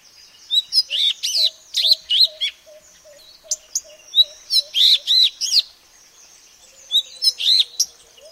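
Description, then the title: Madagascar magpie-robin song of lively whistled and buzzy phrases, several notes rising then falling, delivered in groups, while a faint low note repeats steadily beneath. "suara burung kacer madagaskar"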